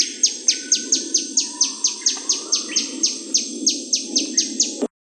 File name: suara burungmadu rimba